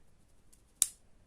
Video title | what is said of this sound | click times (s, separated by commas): YJ MGC Elite 3x3 Review - Cube Review - Cube Studios | here a little click | 0.8 s